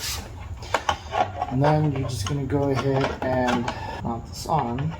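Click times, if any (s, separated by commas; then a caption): 0.9 s. The bottom plastic wiring connector for the side mirror is pushed into its mating plug inside the door of a VW Golf GTI. A short knock at 0.8 s is followed by a sharp click at 0.9 s as the connector seats. Then someone talks.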